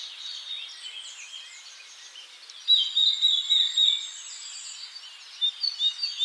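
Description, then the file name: Eurasian blackcap, a single bright whistled warbling phrase of about a second, followed by a shorter burst. "Sylvia atricapilla"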